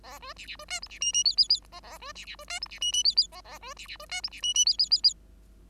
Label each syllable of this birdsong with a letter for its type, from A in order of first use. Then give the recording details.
A B C C B D E C F F G G G A A B C C B D E C F F G G A A B C C B D E C F F G G G G. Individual Bird5